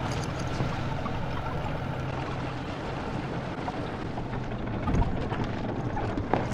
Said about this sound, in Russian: Это лодка, на которой сбежала Джейн.